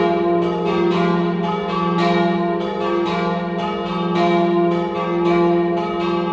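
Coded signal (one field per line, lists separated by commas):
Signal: bell signal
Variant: battiore e dopli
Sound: several church bells struck rapidly and repeatedly, overlapping ringing with sustained hum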